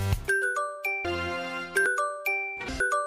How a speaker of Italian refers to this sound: Il segnale orario vi è offerto da...